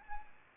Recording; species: mosquito wingbeat signal from an infrared sensor; Anopheles arabiensis